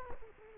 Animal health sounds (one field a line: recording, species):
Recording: mosquito wingbeat signal from an infrared sensor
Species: Culex quinquefasciatus